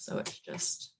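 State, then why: Not seated. A marker pen is being handled at the pen slot of a vinyl cutting machine's tool clamp, arrow facing forward, to be pushed down until it clicks. Someone talks throughout the clip. Nothing has seated or clicked yet.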